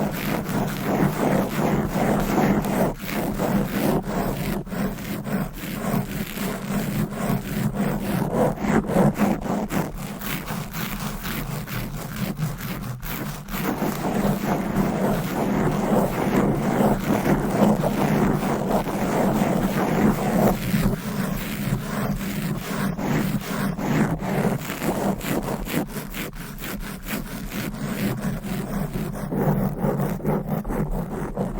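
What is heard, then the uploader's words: Fast, aggressive scratching of long nails on a microphone runs without a break for the whole stretch. The rough, dense rasping is steady in loudness, with a low rumbling undertone and countless sharp little clicks and scrapes crowding together. Fast and Aggressive Mic Scratching - Brain Scratching with Long Nails. No Talking.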